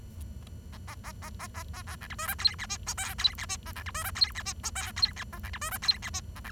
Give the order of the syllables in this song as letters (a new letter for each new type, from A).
A A A A A A A A B C D E F G H I J F G H A B C D E F G H I J F G A B C D E F G H A B